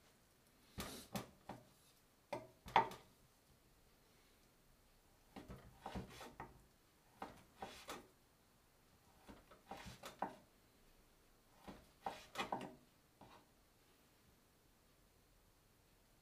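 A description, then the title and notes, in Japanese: Making tomato sauce pasta: short clatters and knocks of kitchen utensils come in small clusters every couple of seconds, the sharpest around the third second. Between bursts the background is quiet and steady, and the clip ends in near silence. 環境音 トマトソースパスタの一部始終。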